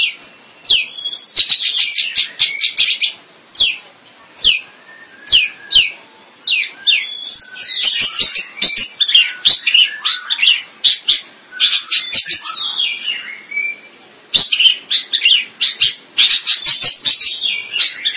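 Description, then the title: Long-tailed shrike giving a long run of rapid, clicking chips and harsh chattering phrases interspersed with twittering whistles, nearly continuous with a few short breaks. "Kicau Burung Pentet"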